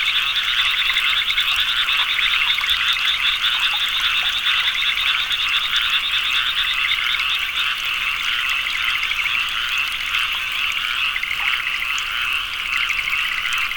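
Frogs trilling together nonstop, a thick layer of fast pulsed calls forming an unbroken high-pitched wall of sound.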